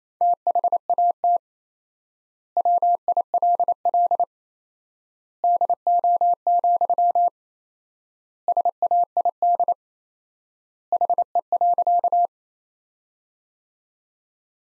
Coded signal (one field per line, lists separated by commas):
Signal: Morse code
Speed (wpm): 27 wpm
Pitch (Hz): 700 Hz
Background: none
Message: THAT WILL DO, SAID HE.